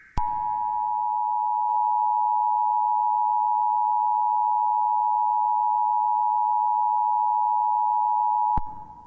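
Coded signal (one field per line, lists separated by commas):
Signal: Emergency Alert System (SAME) tones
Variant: 853 and 960 Hz attention tone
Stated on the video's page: Fictional EAS scenario, not a real alert.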